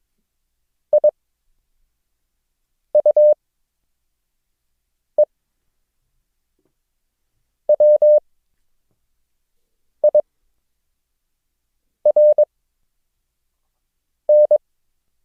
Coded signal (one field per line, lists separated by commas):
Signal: Morse code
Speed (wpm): 22 wpm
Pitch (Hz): 600 Hz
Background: none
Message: I U E W I R N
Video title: Morse Code – O, G, Q - lesson 7